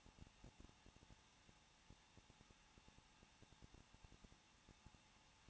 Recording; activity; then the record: daily activity, microphone in the room; no activity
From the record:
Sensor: 1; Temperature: 20.1 degrees Celsius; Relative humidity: 39.1%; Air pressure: 1006.4 hPa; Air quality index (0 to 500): 216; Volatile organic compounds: 74 ppm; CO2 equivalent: 3552 ppm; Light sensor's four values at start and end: 1/2/1/1 and 1/2/1/1